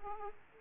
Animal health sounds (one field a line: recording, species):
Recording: mosquito wingbeat signal from an infrared sensor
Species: Aedes aegypti